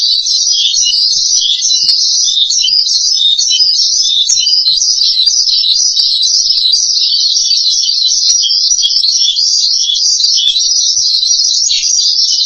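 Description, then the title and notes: Starling song, a continuous dense stream of high, scratchy warbled notes held steady for the whole stretch without pauses. "suara burung jalak"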